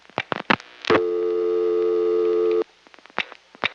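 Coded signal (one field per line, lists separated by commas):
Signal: telephone call progress tone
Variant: North America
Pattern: dial tone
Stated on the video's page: Recorded from a #5 Crossbar telephone exchange in Annapolis, fall 1974.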